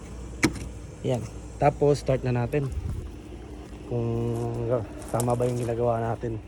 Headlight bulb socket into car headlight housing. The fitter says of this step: tulak mo lang siya clockwise to pag narinig mo click Okay na tos Balik mo na to yan